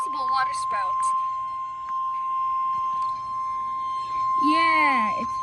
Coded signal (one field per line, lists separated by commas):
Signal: Emergency Alert System (SAME) tones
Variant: 1050 Hz attention tone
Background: speech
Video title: Special Marine Warning On Station KHB34 (Miami, FL) EAS #199 Station Credits to ???